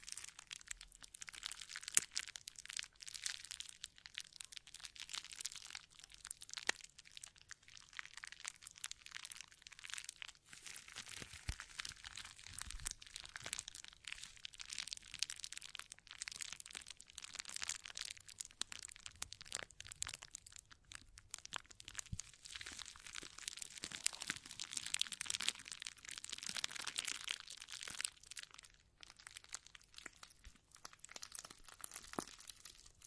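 Hand sounds of scratching and brushing against a microphone, a dense, continuous crackle of bright rustling that never lets up across the half minute. Small sharp taps and clicks pop out irregularly, with busier, louder stretches around ten and again near twenty-five seconds.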